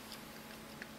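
A handheld display unit is slid bottom-first into its cradle on an Irisys 1001 thermal imager. Two faint tick-like handling sounds are heard over a low steady background, the louder and sharper one at 0.8 s. Nothing has seated or clicked home yet.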